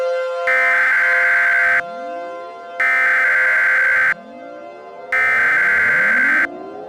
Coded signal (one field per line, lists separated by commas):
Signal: Emergency Alert System (SAME) tones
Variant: header bursts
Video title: EAS Mock #4: Double Trouble